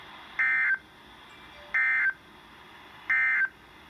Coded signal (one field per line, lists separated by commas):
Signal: Emergency Alert System (SAME) tones